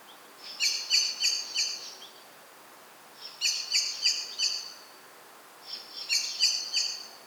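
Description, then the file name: Common blackbird repeating runs of about four hard, metallic chink notes, three runs separated by short pauses. "Turdus merula"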